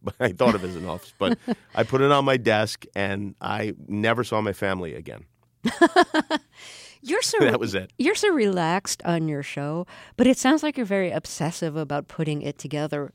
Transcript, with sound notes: I thought of it as an office. But I put it on my desk, and I never saw my family again.
(LAUGHTER)
That was it.
You're so relaxed on your show, but it sounds like you're very obsessive about putting it together.